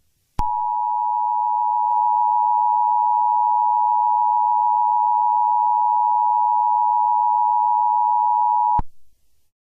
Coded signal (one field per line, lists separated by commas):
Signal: Emergency Alert System (SAME) tones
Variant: 853 and 960 Hz attention tone